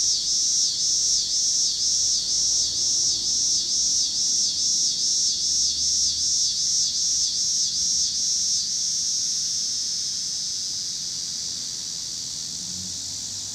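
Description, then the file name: Cicada song in pulsing, rhythmic waves about twice a second over a steady high buzzing chorus, the pulses stopping partway and leaving the continuous drone. Cicadas in Pittsburgh, Pennsylvania, on 26 August 2023, with passing car noise. "2023-08-26 cicadas and cars Pittsburgh PA"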